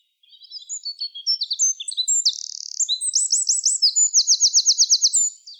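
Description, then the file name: Eurasian wren song: a loud, rapid outpouring of high chips and buzzy trills, ending in a fast even rattle, all within about five seconds. "Troglodytes troglodytes"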